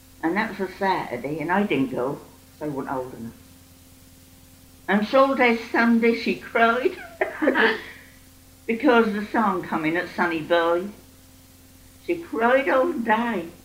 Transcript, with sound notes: And that was a Saturday and I didn't go 'cause I wasn't old enough. And all day Sunday she cried. [laughs] Because the song coming, 'Sonny Boy'. She cried all day.